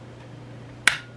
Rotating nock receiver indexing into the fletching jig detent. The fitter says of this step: and it locks into place where your next where your next fletching is supposed to go